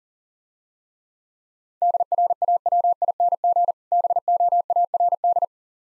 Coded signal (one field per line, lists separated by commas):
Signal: Morse code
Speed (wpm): 41 wpm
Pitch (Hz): 700 Hz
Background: none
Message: DRAWING BOARD